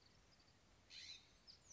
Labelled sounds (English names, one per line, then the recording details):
California Scrub-Jay
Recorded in Sonoma County, California